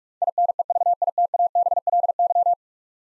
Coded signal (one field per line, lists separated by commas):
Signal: Morse code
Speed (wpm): 44 wpm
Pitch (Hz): 700 Hz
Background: none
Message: INEVITABLY